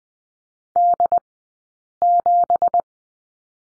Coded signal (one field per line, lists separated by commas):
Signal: Morse code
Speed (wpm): 20 wpm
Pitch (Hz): 700 Hz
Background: none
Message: D7